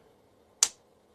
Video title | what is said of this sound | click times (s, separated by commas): Recensione del K&F CONCEPT Treppiede Magnetico a Sgancio Rapido 25,6"/65 cm Compatibile con DJI Osmo | See that snap and it keeps going around and around. | 0.6 s